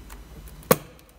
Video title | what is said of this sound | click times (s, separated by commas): How to change Breaking Lights in a Ford C-Max 2011 | There you go, click. | 0.7 s